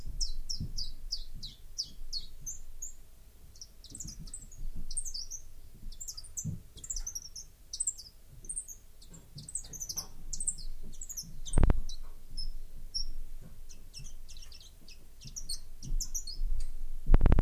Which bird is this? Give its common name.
Common Chiffchaff